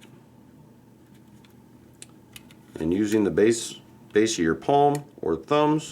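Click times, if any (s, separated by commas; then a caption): none. A replacement pH sensor is held and lined up with the groove in the sensor well of a Myron L Ultrameter II handheld water meter before being pressed home. Faint handling taps are heard around 1.5 to 2.5 seconds, then someone talks. Nothing has seated or clicked yet.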